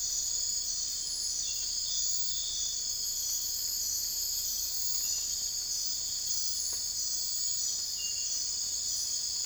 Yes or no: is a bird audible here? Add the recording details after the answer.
no. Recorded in secondary vegetation near Puerto Asís, Putumayo, Colombia, on 21 December 2024 at 04:00. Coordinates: 0.484, -76.319. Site GP06